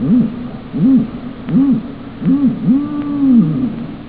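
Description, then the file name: Eagle-owl giving deep hoots, four short ones about every 0.7 seconds and then a longer drawn-out hoot, over a steady background hiss. "wrath uhu"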